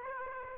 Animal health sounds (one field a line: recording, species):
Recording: mosquito wingbeat signal from an infrared sensor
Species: Aedes aegypti